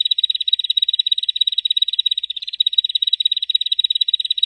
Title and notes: Ciblek Ngebren Untuk Masteran Murai Batu. Suara burung ciblek